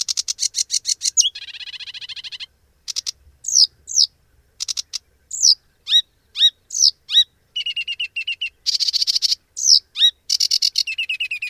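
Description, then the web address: Sedge warbler song, a fast varied medley of harsh chattering notes, a buzzy rattle, sharp downslurred whistles and rapid trills, with phrases changing every second or so. "agykontroll Madardalok Cd 3. Foltos nádiposzáta"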